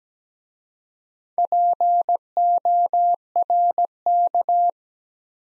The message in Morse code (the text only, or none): PORK